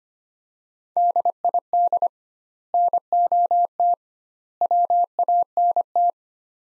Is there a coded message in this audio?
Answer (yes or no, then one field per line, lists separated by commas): yes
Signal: Morse code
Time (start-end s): 1.0-6.1 s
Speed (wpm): 25 wpm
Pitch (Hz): 700 Hz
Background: none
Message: DID NOT WANT